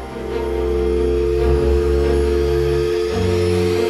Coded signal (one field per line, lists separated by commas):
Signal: telephone call progress tone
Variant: North America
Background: music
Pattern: dial tone